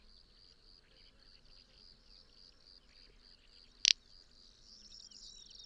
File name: Little bustard